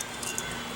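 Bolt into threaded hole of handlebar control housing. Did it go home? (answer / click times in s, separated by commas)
no / none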